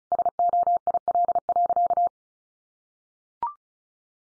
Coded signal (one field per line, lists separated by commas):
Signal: Morse code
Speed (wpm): 34 wpm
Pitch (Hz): 700 Hz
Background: none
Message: SOIL.